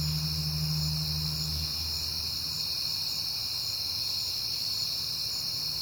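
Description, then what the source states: Crickets keep up a steady shrill chorus, while a low engine hum sounds briefly in the first two seconds and fades. Night, September; recorded on a peaceful night with passing cars.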